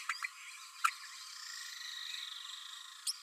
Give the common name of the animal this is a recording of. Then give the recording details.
Green-rumped Parrotlet. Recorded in a nest box in Venezuela. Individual 18B12A1